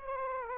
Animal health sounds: mosquito wingbeat signal from an infrared sensor; Aedes aegypti

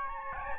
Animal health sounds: mosquito wingbeat signal from an infrared sensor; Aedes albopictus

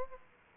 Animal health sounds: mosquito wingbeat signal from an infrared sensor; Aedes aegypti

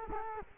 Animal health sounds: mosquito wingbeat signal from an infrared sensor; Culex quinquefasciatus

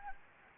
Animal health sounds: mosquito wingbeat signal from an infrared sensor; Anopheles gambiae

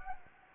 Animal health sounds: mosquito wingbeat signal from an infrared sensor; Anopheles gambiae

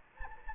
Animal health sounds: mosquito wingbeat signal from an infrared sensor; Anopheles gambiae

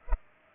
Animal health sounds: mosquito wingbeat signal from an infrared sensor; Culex pipiens

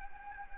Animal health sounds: mosquito wingbeat signal from an infrared sensor; Anopheles gambiae

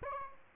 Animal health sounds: mosquito wingbeat signal from an infrared sensor; Aedes aegypti

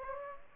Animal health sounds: mosquito wingbeat signal from an infrared sensor; Aedes aegypti

